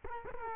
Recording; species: mosquito wingbeat signal from an infrared sensor; Culex quinquefasciatus